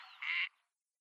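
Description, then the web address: Gadwall giving a single short, nasal quack, briefly swelling louder before cutting off, followed by silence. Female giving flight calls. "Schulze Peter Gadwall female flightcalls"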